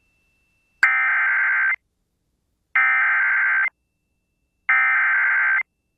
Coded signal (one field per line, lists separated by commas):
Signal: Emergency Alert System (SAME) tones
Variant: header bursts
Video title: Severe Thunderstorm Warning (Wallace County, KS) (9/9/25) [EAS #292]